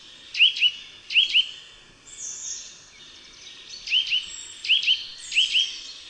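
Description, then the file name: Eurasian nuthatch giving doubled rising whistled calls in short spaced pairs, with a brief high hissing sound in the middle. "KOWALIK"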